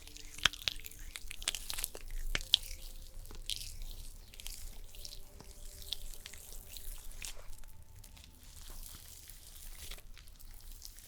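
A stone spa treatment, with a soft, steady hiss and rustle running throughout. Two sharp clicks stand out, one near the start and another around two and a half seconds, like stones knocking together, over faint low humming tones.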